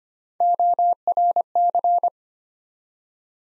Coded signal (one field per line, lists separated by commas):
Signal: Morse code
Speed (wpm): 25 wpm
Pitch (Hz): 700 Hz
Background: none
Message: ORC